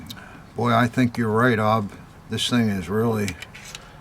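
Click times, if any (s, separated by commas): none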